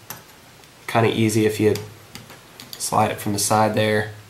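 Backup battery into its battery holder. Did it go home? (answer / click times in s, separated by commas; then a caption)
no / none. A coin backup battery is handled and slid in from the side toward its battery holder on the board while someone talks, with a few faint ticks at about 0.1, 2.2, 2.6 and 2.7 seconds. The battery has not seated or clicked into the holder yet.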